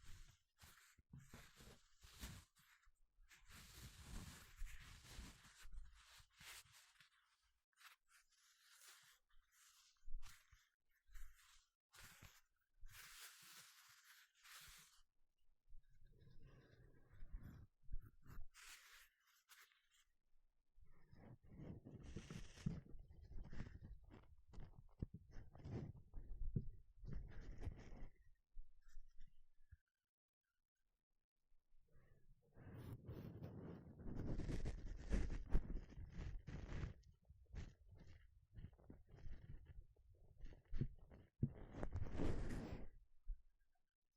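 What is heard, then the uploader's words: Gloves being handled, rubbed and flexed in bursts of crinkly, rustling friction with short silent gaps between takes. The texture shifts from bright, papery scratching early on to heavier, fuller rubbing in the middle and again from about 33 to 43 seconds. 5 different GLOVES Sounds. (No Talking).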